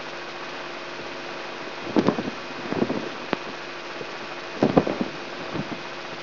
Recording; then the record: brain microelectrode recording played as sound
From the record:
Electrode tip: inside the subthalamic nucleus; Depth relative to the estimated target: -2 mm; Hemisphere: right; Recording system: AlphaMap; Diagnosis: Parkinson's disease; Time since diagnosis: 16 years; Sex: male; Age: 67 years